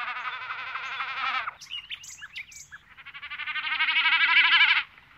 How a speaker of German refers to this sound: Vielleicht haben Tiere wie der Tyrannosaurus nämlich gar nicht gebrüllt wie ein Löwe, sondern eher gekrächzt und gechilpt wie ein Vogel.